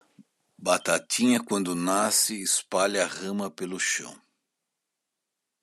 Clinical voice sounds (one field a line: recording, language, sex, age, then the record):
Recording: short text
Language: Brazilian Portuguese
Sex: male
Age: 60 to 69 years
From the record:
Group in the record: control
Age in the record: 66 years